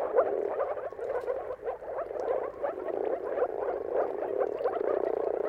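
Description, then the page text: Many moor frogs calling at once, soft gurgling notes blending into a steady low chorus that rises and falls slightly. Mating calls of many moor frogs at sunrise, a spectacle seen at the turn of March and April depending on the weather. "Dawn’s Chorus: Mating Calls of Marsh Frogs at Sunrise. Depending on the weather at the turn of March and April, you can witness an amazing spectacle of moor frogs. Jakub Orzecki. earth.fm"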